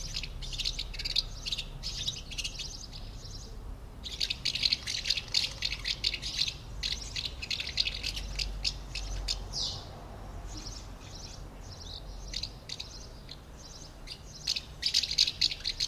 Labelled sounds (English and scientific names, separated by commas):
Common House Martin (Delichon urbicum)